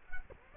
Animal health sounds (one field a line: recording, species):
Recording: mosquito wingbeat signal from an infrared sensor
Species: Culex quinquefasciatus